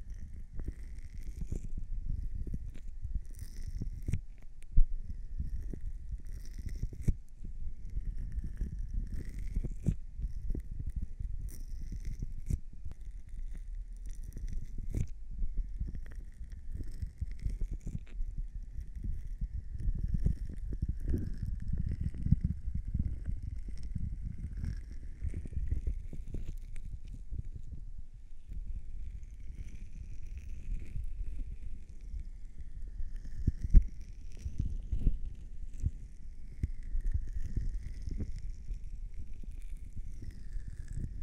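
Ears being cleaned and massaged, heard as a continuous low rubbing and muffled rumble that rarely lets up. Sharp little clicks and taps break through every second or two, and thin, wavering squeaky tones drift in and out above.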